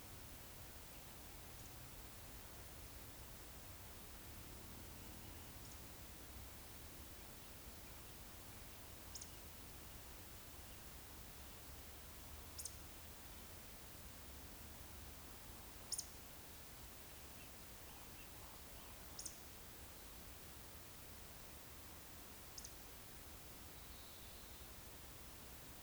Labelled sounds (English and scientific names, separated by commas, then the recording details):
Eurasian Woodcock (Scolopax rusticola)
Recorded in Baden-Württemberg, Germany, on 28 May 2021 at 19:43 UTC
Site 45967, 814 m above sea level